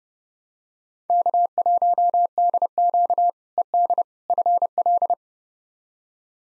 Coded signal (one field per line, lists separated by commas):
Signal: Morse code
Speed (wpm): 32 wpm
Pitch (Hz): 700 Hz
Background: none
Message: K1DQ ED FL